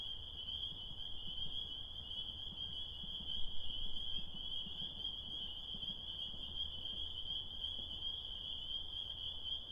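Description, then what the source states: Spring peeper chorus, a dense, steady high-pitched ringing of overlapping peeps that holds without a break, over low background rumble. Tiny frogs singing their desire on a spring night, heard on the way home from recording in Connecticut.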